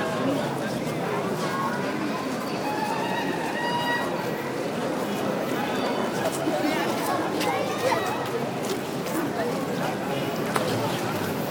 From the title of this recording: Walking in Cairo, egypt on Friday evening